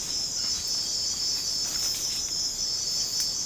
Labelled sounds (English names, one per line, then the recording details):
none
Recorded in secondary vegetation near Puerto Asís, Putumayo, Colombia, on 13 March 2025 at 02:30
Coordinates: 0.485, -76.322
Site G040